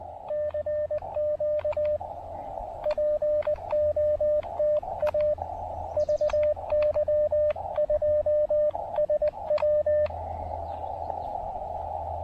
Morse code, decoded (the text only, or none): CQ POTA VY2SW